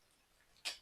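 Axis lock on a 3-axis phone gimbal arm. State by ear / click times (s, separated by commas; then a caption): seated / 0.6 s. The manual axis lock on a 3-axis phone gimbal arm is pushed until it engages. After quiet background, a single sharp click is heard at 0.6 seconds, and the lock is seated.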